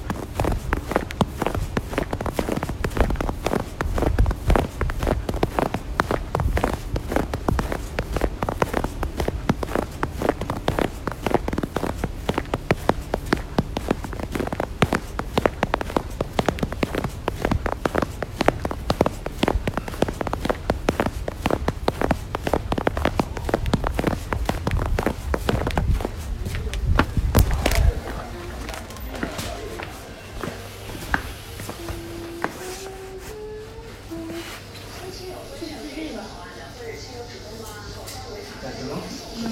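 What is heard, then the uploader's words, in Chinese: Footsteps crunch steadily through snow in Beijing for about 28 seconds, then stop, leaving quieter sounds with faint voices and soft tones. 北京下雪，去便利店买饺子。北京下了新年第一场雪，还挺大。晚上饿了，去便利店买饺子。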